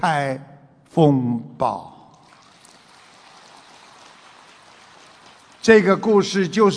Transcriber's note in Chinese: 掌声